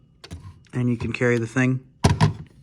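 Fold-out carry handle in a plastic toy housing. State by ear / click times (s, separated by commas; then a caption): not seated / none. Someone talks while handling the fold-out plastic carry handle on the back of a 2001 LeapFrog Leap's Learning Band children's learning toy, with brief handling knocks around 0.3 s and 2.2 s. The handle has not yet clicked into its raised, locked position; nothing has seated by the end of the clip.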